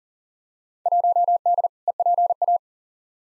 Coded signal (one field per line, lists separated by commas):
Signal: Morse code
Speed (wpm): 40 wpm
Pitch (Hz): 700 Hz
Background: none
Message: 1D EPA